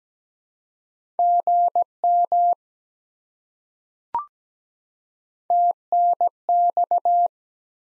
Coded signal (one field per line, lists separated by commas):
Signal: Morse code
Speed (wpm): 17 wpm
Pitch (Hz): 700 Hz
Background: none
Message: GM TNX